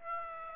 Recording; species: mosquito wingbeat signal from an infrared sensor; Aedes aegypti